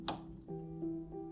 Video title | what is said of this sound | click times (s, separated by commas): Watchmaking Terminology: Winding & Setting Mechanisms | that one click that you hear here when you pull the crown out that is engaging the setting mechanism | 0.1 s